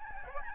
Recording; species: mosquito wingbeat signal from an infrared sensor; Aedes albopictus